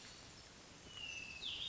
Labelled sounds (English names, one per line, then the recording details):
Hermit Thrush
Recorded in Sonoma County, California